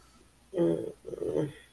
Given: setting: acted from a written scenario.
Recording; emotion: vocal sound without words; sadness